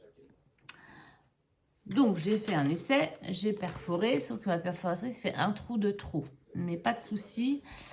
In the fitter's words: et après se clipsent.